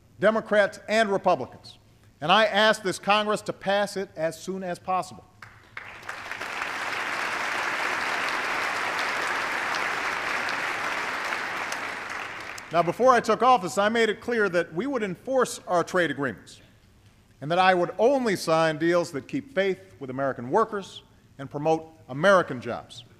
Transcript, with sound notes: Democrats and Republicans -- and I ask this Congress to pass it as soon as possible. (Applause.) Now, before I took office, I made it clear that we would enforce our trade agreements, and that I would only sign deals that keep faith with American workers and promote American jobs.